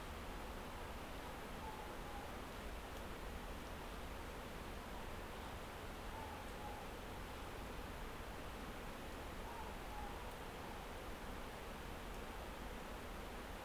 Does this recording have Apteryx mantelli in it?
no